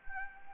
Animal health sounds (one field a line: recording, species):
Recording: mosquito wingbeat signal from an infrared sensor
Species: Anopheles arabiensis